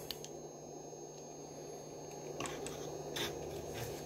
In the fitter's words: and you just press these fully in they click see